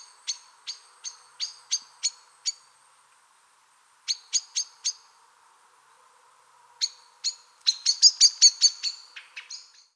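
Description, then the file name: Common blackbird chinking in bursts of sharp, clicky notes, with short runs separated by silent gaps, ending in a denser, louder cluster of rapid calls. "Turdus merula"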